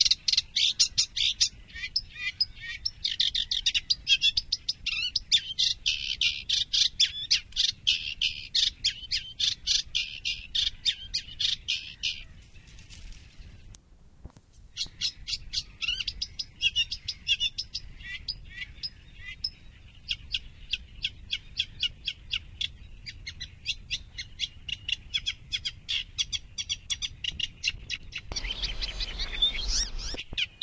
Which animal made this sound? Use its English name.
Eurasian Reed Warbler